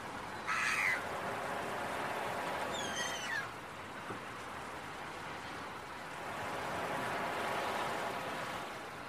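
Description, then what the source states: Gull calls: a harsh squawk near the start, then a descending, ringing call a couple of seconds later, set against continuous ocean waves. Seagulls calling with beach waves early in the morning.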